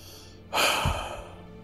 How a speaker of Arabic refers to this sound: تمر الدقائق لا يقطعها سوى صوت لهاثك ونشيجك.